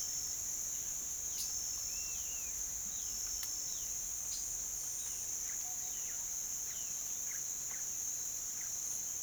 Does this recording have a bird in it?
yes